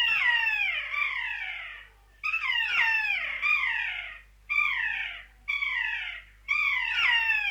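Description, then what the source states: Kea calls: a run of five drawn-out, falling, mewing wails separated by short silences. Native New Zealand bird.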